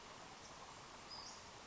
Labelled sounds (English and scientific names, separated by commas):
Western Flycatcher (Empidonax difficilis)